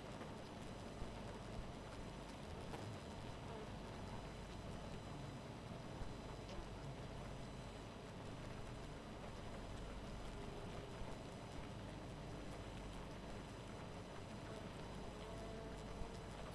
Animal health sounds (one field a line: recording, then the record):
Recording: honeybee colony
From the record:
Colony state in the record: missing queen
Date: 14 July 2017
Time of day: 2:25